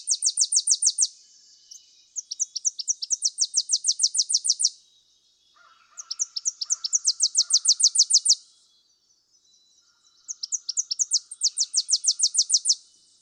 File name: Tennessee Warbler